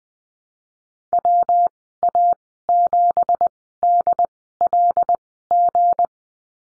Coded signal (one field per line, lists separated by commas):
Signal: Morse code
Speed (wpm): 20 wpm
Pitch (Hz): 700 Hz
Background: none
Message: WA7DLG